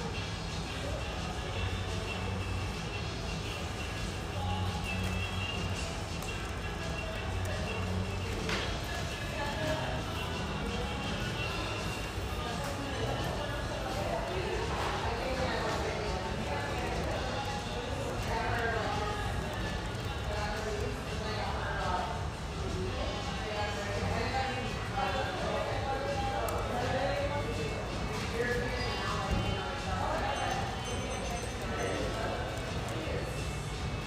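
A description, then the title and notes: Steady hum of an espresso house near the Vancouver riverfront: many voices blend into a constant murmur with a low rumble underneath. Loudness barely changes across the stretch, with small clinks and brighter chatter surfacing now and then, notably around eight and fifteen seconds. The pleasant hum in this lovely espresso house near the Vancouver riverfront.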